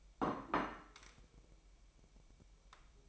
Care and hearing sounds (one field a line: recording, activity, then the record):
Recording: daily activity, microphone in the room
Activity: place plate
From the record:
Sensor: 1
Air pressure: 1002.0 hPa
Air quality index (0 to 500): 243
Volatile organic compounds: 48 ppm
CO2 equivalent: 3274 ppm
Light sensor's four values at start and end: 8/28/10/11 and 8/28/10/11